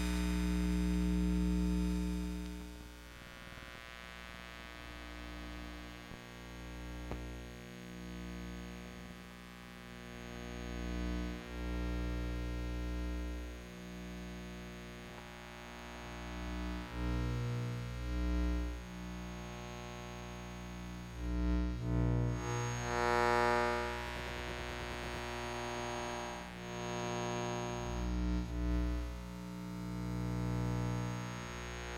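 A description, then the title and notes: Electromagnetic emissions from household electronics form a steady bed of layered electrical hum and whine, stacked low and high tones with a thin static hiss. Throbbing low pulses and buzzy bursts swell in around 17, 21–24 and 28 seconds, briefly thickening the drone. Electromagnetic Listening. Using the Electrosluch Mini City from LOM (link below) I went around the house just recording things. Other than playing with the stereo effect of the device there has been no edits or additional processing to the recording.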